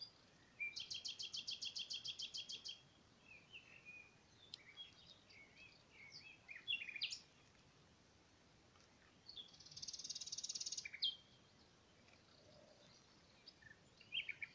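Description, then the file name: Common nightingale song: a fast rattling trill of repeated notes, then scattered whistles and chirps, a sustained buzzy phrase near ten seconds, and a brief closing burst. "Luscinia megarhynchos"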